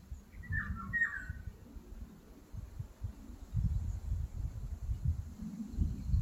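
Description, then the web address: Eurasian golden oriole giving two short fluty, whistled phrases in quick succession early on, then silent, over a steady low rumbling background noise. Recorded 29 April 2023. "som de um papa figos"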